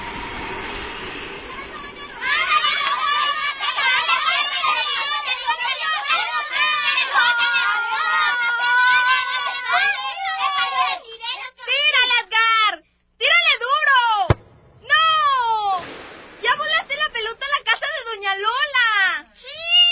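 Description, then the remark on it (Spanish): Children playing ball in the streets of Aguascalientes, their high-pitched voices shouting and calling over one another almost continuously, with a brief lull partway through before the excited chatter picks up again. “Son clásicas las escenas de niños jugando a la pelota en las calles de Aguascalientes.”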